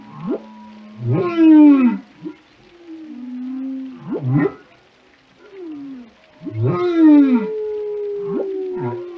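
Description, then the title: Whale calls: deep swooping groans and loud rasping pulsed bursts, with lower moaning glides in between. "Whale Tales: A Dive into the Fascinating Behaviors of These Ocean Giants"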